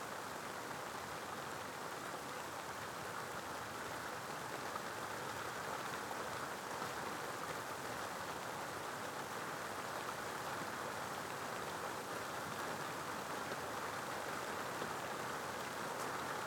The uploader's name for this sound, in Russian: Эпическая ночная гроза